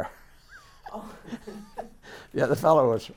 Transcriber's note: chuckles